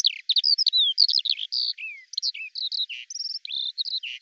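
Bird song of rapid, jumbled high notes: quick trills, downslurred whistles and chattering phrases running together without a break.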